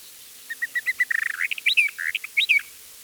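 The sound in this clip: Eastern Orphean warbler song, a quick run of short whistled notes speeding into a trill, then varied slurred and rising phrases, about two seconds long.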